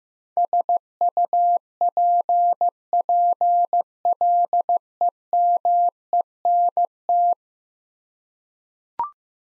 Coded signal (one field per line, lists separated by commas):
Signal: Morse code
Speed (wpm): 16 wpm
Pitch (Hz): 700 Hz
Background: none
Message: SUPPLEMENT